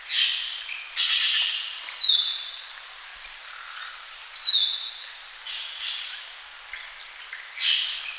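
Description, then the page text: Hair-crested drongo calls: repeated high, falling whistled swoops and harsh metallic notes, with a constant insect hum behind them. "Hair-Crested Drongo Calls. Quick Sounds"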